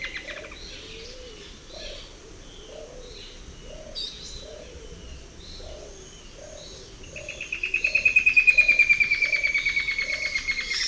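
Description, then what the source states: Straight-billed woodcreeper bursting into a fast, slightly descending trill after several seconds of soft repeated low hoots and faint chirps from other birds. Recorded in the eastern lowlands of South America.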